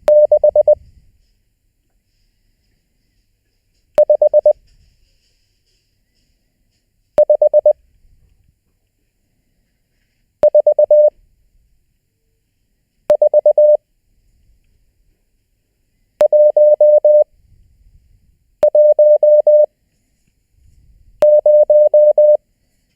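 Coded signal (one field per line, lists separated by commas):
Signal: Morse code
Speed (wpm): 20 wpm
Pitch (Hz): 600 Hz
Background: none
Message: 6 5 5 4 4 1 1 0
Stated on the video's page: Morse lesson homework for the fourth session of a learning series.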